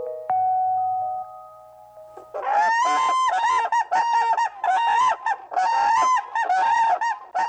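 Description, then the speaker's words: Whooping crane calls: loud bugling honks repeated in a rapid series, after a sustained tone at the start. Trachea more than 8 feet long; call can be heard up to 3 miles away. "call it a whooping crane because it has more than an 8-foot trachea and can be heard for up to 3 miles away."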